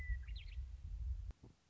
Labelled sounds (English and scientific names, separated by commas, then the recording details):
Western Meadowlark (Sturnella neglecta)
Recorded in Sonoma County, California